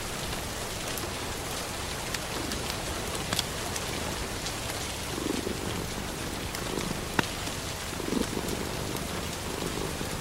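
Rain falls in a steady, dense hiss across the whole clip, with scattered drops and sharp ticks popping out, the clearest near 3.3 and 7.2 seconds. Soft low rumbling swells rise now and then beneath it, around 5, 7 and 8 seconds.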